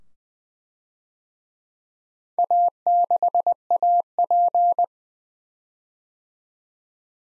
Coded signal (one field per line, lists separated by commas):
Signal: Morse code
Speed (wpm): 20 wpm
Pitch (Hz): 700 Hz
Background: none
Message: A6AP